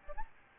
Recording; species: mosquito wingbeat signal from an infrared sensor; Aedes albopictus